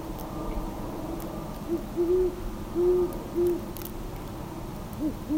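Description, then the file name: Great horned owl hooting, a series of low soft hoots at steady pitch, several in a row over a few seconds, with faint background hiss. "Great Horned Owl - Bubo virginianus"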